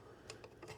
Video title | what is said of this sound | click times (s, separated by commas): Swapping Our Old RV AC for the Furrion ChillCube… Was It Worth It? | This door just snaps into place. | 0.3 s